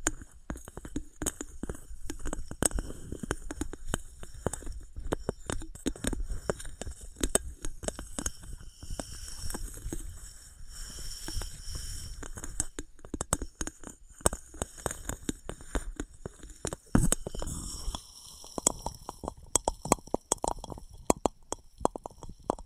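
Small objects of wood, cork, sponge, foam, glass and plastic are tapped, squeezed and handled in a dense run of short clicks, knocks and crinkly rubs. The sounds come irregularly and rapidly throughout, with sharper, brighter taps clustering after seventeen seconds.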